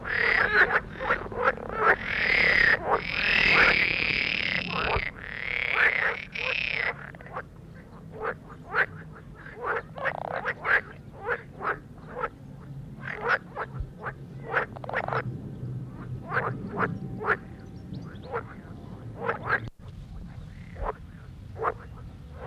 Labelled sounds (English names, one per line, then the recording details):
Edible Frog call
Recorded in the wild
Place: Falkenberger Rieselfelder, Barnim, Berlin, DE
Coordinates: 52.5839, 13.5542
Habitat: pond
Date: 1967-06-10
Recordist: Günther, Rainer
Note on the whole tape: Kleiner Tümpel bei Falkenberg: Rufe, oft Poppgeräusche